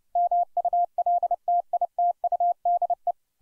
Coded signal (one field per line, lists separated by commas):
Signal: Morse code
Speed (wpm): 29 wpm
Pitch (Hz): 700 Hz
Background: none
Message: MULTITUDE